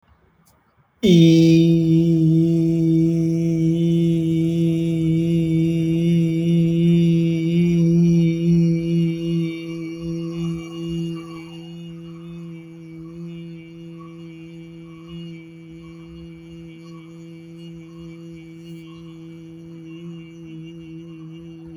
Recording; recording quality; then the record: sustained vowel as in beet; excellent, no background noise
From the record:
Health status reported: healthy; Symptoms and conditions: none ticked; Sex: male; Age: 32 years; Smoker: not ticked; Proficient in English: yes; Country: India